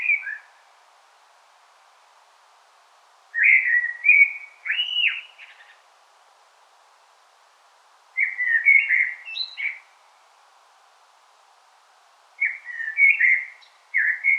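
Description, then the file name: Common blackbird song: whistled, slurred phrases with sharp high end notes, repeated every four to five seconds. "Turdus merula"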